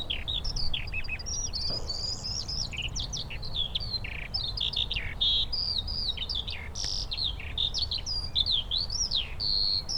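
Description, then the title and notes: Eurasian skylark song: breathless, high chirping and whistled trills running on without pause, over a soft low hum. Skylarks singing in fields by St. Isidore's wayside shrine, Sosna Góra, Siemianowice Śląskie, Poland; Saturday 18 May 2019; Zoom H5, Audio-Technica BP4025. "Siemianowice Śląskie, Polska - skowronek przy kapliczce św. Izydora. Sobota, 18 maja 2019. Wśród pól znajduje się kapliczka świętego Izydora na Sosnej Górze. W polu śpiewają skowronki i brzęczą owady"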